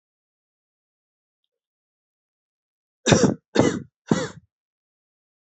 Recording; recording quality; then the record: shallow voluntary cough; excellent, no background noise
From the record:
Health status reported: healthy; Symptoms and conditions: none ticked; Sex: male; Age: 30 years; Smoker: not ticked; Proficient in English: yes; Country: India